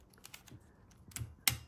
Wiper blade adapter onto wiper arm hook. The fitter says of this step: you just want to slide it in there until it clicks into position.